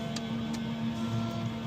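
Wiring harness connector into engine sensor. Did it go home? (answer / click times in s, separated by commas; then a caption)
no / none. A wiring harness connector is handled at a MAF/MAP sensor on a 3.0 Duramax engine, being plugged in before the sensor's two hand-tight bolts are tightened. A steady tonal hum runs throughout with a brief sharp tick near 0.2 s. The connector has not clicked or seated yet.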